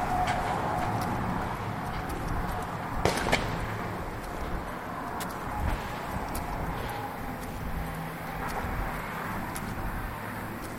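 A neighborhood walk at lunchtime, with a steady hum of passing traffic filling the background throughout. Short sharp clicks and taps break through now and then, a cluster of louder ones around the three-second mark and scattered others later on.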